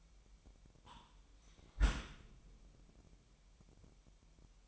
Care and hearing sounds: daily activity, microphone in the room; close dishwasher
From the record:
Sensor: 1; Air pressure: 998.4 hPa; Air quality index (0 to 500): 138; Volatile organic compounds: 4 ppm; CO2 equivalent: 1653 ppm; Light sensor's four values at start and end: 16/55/22/22 and 16/55/22/22

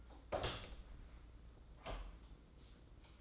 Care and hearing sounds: daily activity, microphone in the room; open door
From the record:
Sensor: 3

